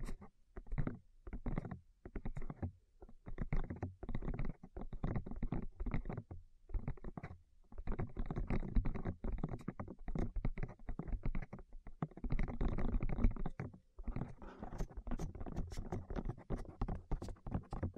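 Fingers tap on the ears in quick, muffled bursts, deep and thumpy, with short silent pauses between clusters. The tapping grows denser and more continuous after about eight seconds, and sharper, crisper clicks join in over the last few seconds.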